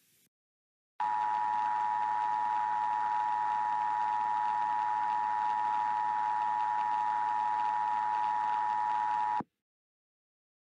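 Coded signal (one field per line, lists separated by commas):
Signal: Emergency Alert System (SAME) tones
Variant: 853 and 960 Hz attention tone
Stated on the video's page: Fictional EAS scenario about an anomalous event in Louisiana.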